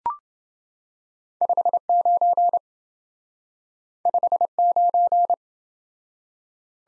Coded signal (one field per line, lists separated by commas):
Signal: Morse code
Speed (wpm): 27 wpm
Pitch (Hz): 700 Hz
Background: none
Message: 59 59